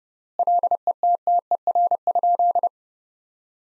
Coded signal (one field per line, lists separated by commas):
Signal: Morse code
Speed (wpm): 30 wpm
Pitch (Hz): 700 Hz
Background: none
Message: LETTER?